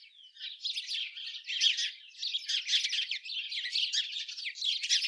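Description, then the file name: House sparrows chirping in a dense, continuous chatter of overlapping sharp, rasping notes with no real pauses. "Passer domesticus"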